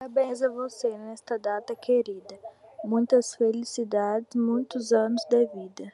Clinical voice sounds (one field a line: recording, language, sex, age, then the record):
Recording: short text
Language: Brazilian Portuguese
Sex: female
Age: 18 to 19 years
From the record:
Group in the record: control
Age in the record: 19 years